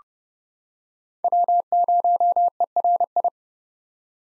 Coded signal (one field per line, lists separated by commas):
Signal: Morse code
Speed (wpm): 30 wpm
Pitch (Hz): 700 Hz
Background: none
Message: W0ERI